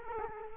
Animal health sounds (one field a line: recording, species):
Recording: mosquito wingbeat signal from an infrared sensor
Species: Culex quinquefasciatus